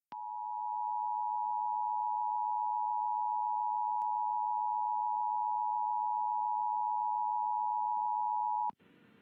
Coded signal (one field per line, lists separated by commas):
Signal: Emergency Alert System (SAME) tones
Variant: 853 and 960 Hz attention tone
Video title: [EAS #1846-#1861] Day 2 of Required Monthly Test Week